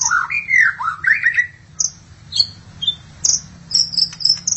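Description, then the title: Magpie-robin or shama song: a few loud slurred whistles at the start, then spaced high thin notes and clicks. "BM Suara Burung Murai"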